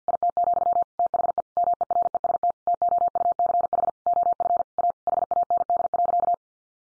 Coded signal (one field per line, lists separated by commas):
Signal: Morse code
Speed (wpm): 50 wpm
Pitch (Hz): 700 Hz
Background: none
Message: IT, THE MEREST TOUCH OF A HAND.